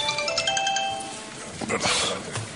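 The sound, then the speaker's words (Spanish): A mobile phone rings during a municipal council meeting with a short electronic melody of bright, stepped tones for about a second, then cuts off, leaving rustling and low background noise. “Apagar el teléfono, de acuerdo.”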